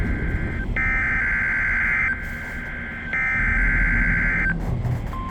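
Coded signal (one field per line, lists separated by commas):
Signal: Emergency Alert System (SAME) tones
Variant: header bursts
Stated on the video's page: NWS Ruskin weekly test, afternoon send, that went wrong; the office botched both tests that day.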